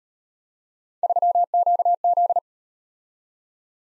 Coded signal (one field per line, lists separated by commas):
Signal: Morse code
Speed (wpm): 38 wpm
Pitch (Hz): 700 Hz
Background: none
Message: 3QZ